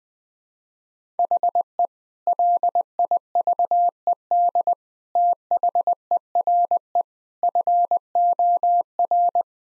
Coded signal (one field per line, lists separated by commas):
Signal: Morse code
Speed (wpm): 20 wpm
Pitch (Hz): 700 Hz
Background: none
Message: HE LIVED THERE FOR